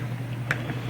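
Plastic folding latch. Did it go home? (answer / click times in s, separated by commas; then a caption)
yes / 0.5 s. The plastic folding stock of a WE G39 (G36C) gas blowback airsoft rifle is swung open into its locked position on the receiver, over a steady low hum. A sharp click at 0.5 s marks the stock locking into place, followed by a fainter tick at 0.7 s.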